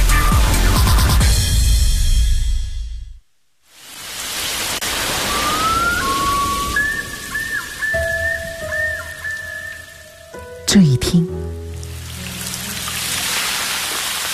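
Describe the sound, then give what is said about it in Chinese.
Raindrops patter steadily on the eaves in a dense, hissing wash that drops out briefly, while thin, wavering whistle-like tones glide through the middle and a short burst of sharper clatter follows. “雨滴敲击屋檐的声音，撞进空气的声音，轻吻大地的声音，大地的声音，”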